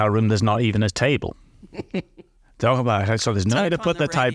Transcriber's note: laughs